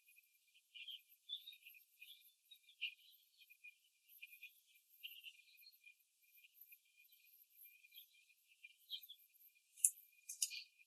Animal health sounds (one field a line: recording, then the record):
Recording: young laying hens in a cage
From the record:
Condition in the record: before the stressor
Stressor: simulated dog barking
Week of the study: 2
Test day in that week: 3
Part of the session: 4